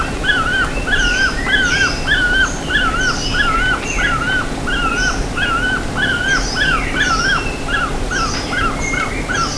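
Bird calls: busy overlapping whistled notes, each level then dropping, with sharper high chirps scattered through and a faint steady hum below.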